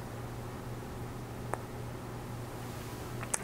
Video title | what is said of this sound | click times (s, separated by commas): Corsair Hydro Series H50 High Performance Liquid CPU Cooler | so we found the 1366 slot on each Corner lined up the insert here you just want to push them right in so they're fully locked into place | 1.5 s, 3.3 s